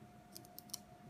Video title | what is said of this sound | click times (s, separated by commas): Ethereum Mining Rig & Zcash Mining Rig - Part 2 How to Build | two little Clips here just unclip it the ram will only go in one way | 0.6 s, 0.7 s